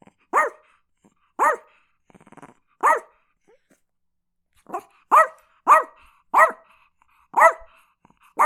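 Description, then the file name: Chihuahua yapping, shrill high-pitched barks coming in uneven bursts, about nine over the stretch, with a short pause midway before a faster run. "Chihuahua Barking"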